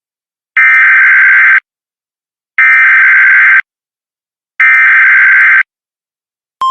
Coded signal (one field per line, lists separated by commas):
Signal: Emergency Alert System (SAME) tones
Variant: header bursts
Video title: Tornado Warning | EAS #525